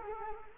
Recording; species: mosquito wingbeat signal from an infrared sensor; Culex quinquefasciatus